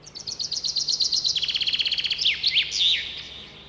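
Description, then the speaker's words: Common Chaffinch song, a fast series of bright repeated notes stepping down in pitch, ending in a sharp flourish. Song of several phrases, always ending with a characteristic final flourish. "Послушай внимательно его песенку. Она всегда заканчивается вот таким росчерком."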